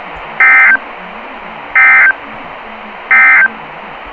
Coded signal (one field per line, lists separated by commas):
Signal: Emergency Alert System (SAME) tones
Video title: EAS Alerts